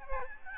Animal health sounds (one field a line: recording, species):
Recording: mosquito wingbeat signal from an infrared sensor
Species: Aedes albopictus